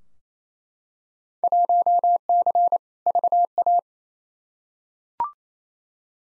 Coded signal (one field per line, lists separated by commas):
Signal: Morse code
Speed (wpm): 28 wpm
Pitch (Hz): 700 Hz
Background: none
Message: 1C VA